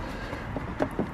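Two plastic retaining clips of a full front lip splitter on an F56 JCW are lifted together and pushed into the front bumper. They snap home with two sharp clicks at 0.8 s and 1.0 s, and both clips are seated.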